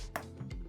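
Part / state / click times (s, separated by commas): bottom cover into laptop chassis / seated / 0.2 s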